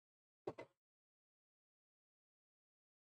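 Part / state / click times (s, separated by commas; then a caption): embroidery hoop into embroidery machine arm / seated / 0.5 s, 0.6 s. An embroidery hoop is pushed onto the arm of an embroidery machine, giving a sharp click at 0.5 s and a softer second click at 0.6 s before silence. The hoop clicks into place and is seated.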